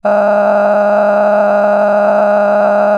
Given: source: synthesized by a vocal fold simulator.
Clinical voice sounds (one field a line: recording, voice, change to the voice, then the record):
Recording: sustained vowel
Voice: female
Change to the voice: cycle-to-cycle stiffness perturbation (roughness), level 10 of 10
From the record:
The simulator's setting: 6.49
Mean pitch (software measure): 206 Hz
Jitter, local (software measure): 3.29%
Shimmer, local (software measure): 18.6%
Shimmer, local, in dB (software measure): 1.59 dB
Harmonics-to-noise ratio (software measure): 10.2 dB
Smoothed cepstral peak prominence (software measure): 13.4 dB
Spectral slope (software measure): -21.8 dB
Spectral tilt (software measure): -12.0 dB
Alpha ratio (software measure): -12.2 dB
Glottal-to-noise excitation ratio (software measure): 0.936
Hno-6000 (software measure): 2.4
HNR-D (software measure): 28.8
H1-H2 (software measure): 5.2 dB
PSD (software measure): 1.4e-04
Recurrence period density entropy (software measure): 0.114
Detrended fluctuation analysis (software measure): 0.0294